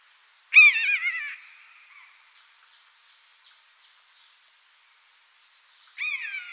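Common buzzard uttering a wavering, downward-sliding mew, then a quiet high tone, and a second mew beginning at the end.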